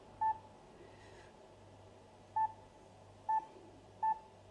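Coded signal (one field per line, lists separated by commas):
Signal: none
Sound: radio key press beeps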